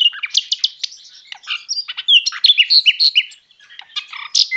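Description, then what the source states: Common nightingale song, dense and varied: sharp chirps, slurred whistles and quick trills follow one another with little pause, high-pitched throughout. 22 March 2014.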